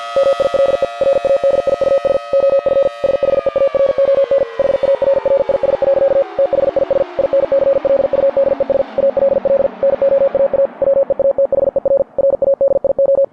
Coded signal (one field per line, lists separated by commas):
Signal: Morse code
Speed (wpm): 50 wpm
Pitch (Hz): 550 Hz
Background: music, radio noise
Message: MILE RADIUS OF SHEARON HARRIS. THIS INCLUDES ALL NOAA WEATHER RADIO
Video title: EAS Scenario - The Shearon-Harris Incident